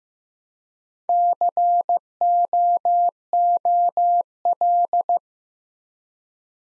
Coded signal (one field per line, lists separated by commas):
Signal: Morse code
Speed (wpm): 15 wpm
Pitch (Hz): 700 Hz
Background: none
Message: COOL